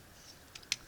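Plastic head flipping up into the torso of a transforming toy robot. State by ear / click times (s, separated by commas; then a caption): seated / 0.7 s. The plastic head of a Transformers Legacy Velocitron Leader Class Scourge / Black Convoy robot figure is flipped up into the torso during transformation. Two faint plastic ticks at 0.6 s lead into a sharp, bright click at 0.7 s as the head snaps and locks into place.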